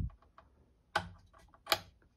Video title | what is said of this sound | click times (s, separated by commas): Singer 5528 Sewing Machine: Winding The Bobbin | it clicks into place then | 1.0 s